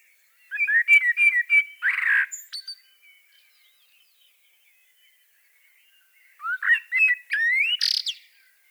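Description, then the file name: Common blackbird song: two phrases of mellow whistles ending in thin, scratchy twitters, separated by a few seconds of quiet. "Turdus merula"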